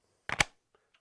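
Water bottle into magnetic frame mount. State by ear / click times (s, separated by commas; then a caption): seated / 0.3 s, 0.4 s. A water bottle is snapped onto its Fidlock magnetic mount on a bike frame, producing two sharp, bright clicks at 0.3 s and 0.4 s. The bottle locks securely into place, followed by a couple of faint small ticks near 0.75 s and 0.95 s.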